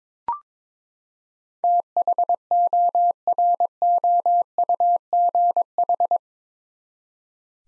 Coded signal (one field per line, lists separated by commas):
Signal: Morse code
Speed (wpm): 22 wpm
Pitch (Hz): 700 Hz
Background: none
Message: THOROUGH